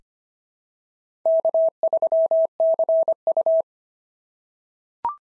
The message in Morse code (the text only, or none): K3CU